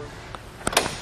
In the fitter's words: I'll just pull up keep coming till it locks into place